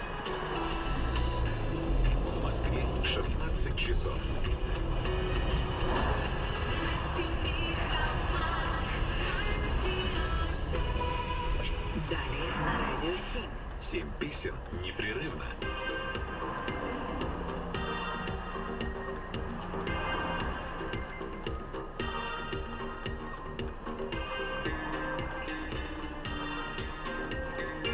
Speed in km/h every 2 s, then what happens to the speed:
0, 10, 18, 18, 19, 16, 10, 4, 0, 1, 1, 0, 0, 0.
0-4 pulls away to 18. 4-10 steady at about 18. 10-15 slows to 0. 15-28 standing.